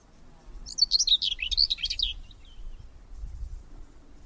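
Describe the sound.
Bird song, a single high, rapid twittering phrase of warbled up-and-down notes lasting about a second and a half, followed by quiet low rumble.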